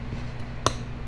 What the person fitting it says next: you just heard a click